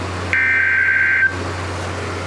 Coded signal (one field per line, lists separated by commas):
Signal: Emergency Alert System (SAME) tones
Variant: header bursts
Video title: Overnight Event - EAS Alerts from 3/15-3/16/26 on #WWG83, #KEC74, and #KJY93 (EAS 222-239)